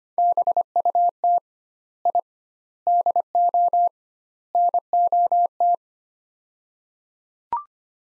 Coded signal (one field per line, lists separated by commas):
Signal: Morse code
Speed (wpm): 25 wpm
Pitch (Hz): 700 Hz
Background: none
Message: BUT I DO NOT